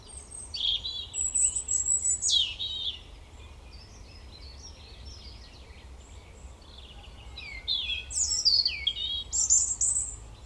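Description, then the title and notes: European robin song: a burst of high, varied warbling phrases with thin, drawn-out whistles, a quieter stretch of several seconds, then another rich, tumbling phrase. Koniówka, Lesser Poland, Poland; Zoom F3 recorder with Usi Pro drop rig. "Koniówka, województwo małopolskie, Polska - Robin, King of the Petland. Recordist: Maciej Wirmański"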